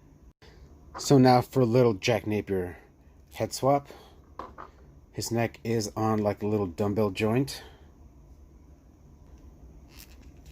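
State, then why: Seated. A McFarlane White Knight series Joker action figure has its alternate plastic Jack Napier head pushed onto the dumbbell-shaped neck joint while someone talks. After a quiet stretch, a small sharp click at 10.0 seconds marks the head popping on and seating properly.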